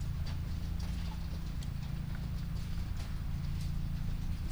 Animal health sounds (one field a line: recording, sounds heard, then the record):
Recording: poultry house recording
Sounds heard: sick chickens (respiratory disease)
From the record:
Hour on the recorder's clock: 1